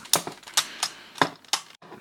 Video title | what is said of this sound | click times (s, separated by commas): Vid 200 Part 1 Transformers Cybertron Leader Optimus Prime | Hear the clicking goodness of all this. Oh, it does all click together very nicely. | 0.1 s, 0.6 s, 1.2 s, 1.5 s